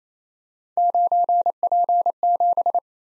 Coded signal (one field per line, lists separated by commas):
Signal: Morse code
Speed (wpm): 29 wpm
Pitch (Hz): 700 Hz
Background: none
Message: 9P7